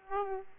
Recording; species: mosquito wingbeat signal from an infrared sensor; Aedes aegypti